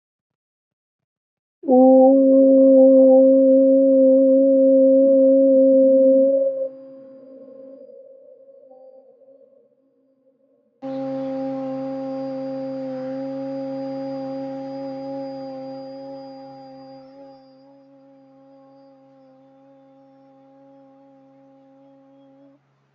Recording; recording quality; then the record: sustained vowel as in boot; excellent, no background noise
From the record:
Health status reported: healthy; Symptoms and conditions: none ticked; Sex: female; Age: 22 years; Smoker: not ticked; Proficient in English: yes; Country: India